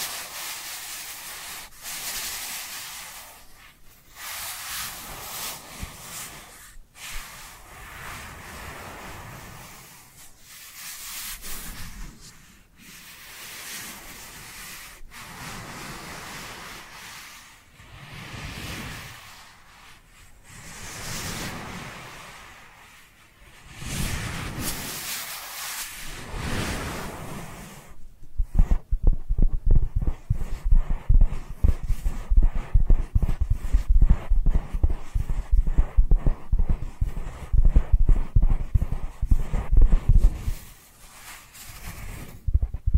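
Dry hands rub together in slow, hissing strokes that swell and fade every two or three seconds, with an occasional sharp click. Near the end the sound turns louder and busier, a rapid, dense crackle of patting and scratching with more low thump.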